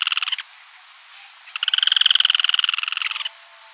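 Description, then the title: Yellow-chinned spinetail song: a brief burst of rapid dry notes, then after a pause a longer fast rattle lasting nearly two seconds. "LuckyPassaro Completos2Sama. Yellow-chinned Spinetail (Certhiaxis cinnamomeus)"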